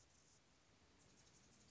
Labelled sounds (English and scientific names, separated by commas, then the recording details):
Anna's Hummingbird (Calypte anna)
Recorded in Sonoma County, California